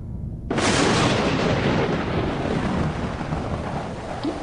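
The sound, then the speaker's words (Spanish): A deep rumble gives way to a sudden loud crack of thunder from storms in the sky over the young Earth, as rain begins to fall on the rocky surface; it rolls on as a broad, roaring rumble, slowly fading over several seconds. No voices. “Mientras las tormentas retumbaban en el cielo, la lluvia comenzó a caer en la rocosa superficie.”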